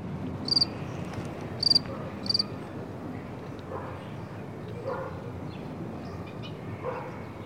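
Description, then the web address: Insect giving three short, high, pulsed chirps in the first few seconds, then falling quiet against a steady rushing background noise. "насекомые"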